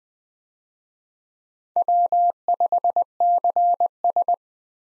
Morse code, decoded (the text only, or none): W5CS